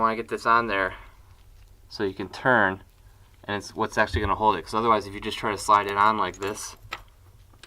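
A front sprocket retainer plate is slid straight onto the splines of a motorcycle countershaft without being turned, to show that it will not lock, while someone talks. Only light contact taps are heard near the end, and nothing has seated or clicked yet.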